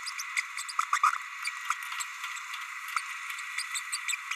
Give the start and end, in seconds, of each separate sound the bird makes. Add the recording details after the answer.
1.03-1.10, 1.44-1.50, 2.00-2.04, 3.74-3.81, 3.92-3.98, 4.08-4.16. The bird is a male. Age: 30 days. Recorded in a nest box in Venezuela. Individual 17B32A6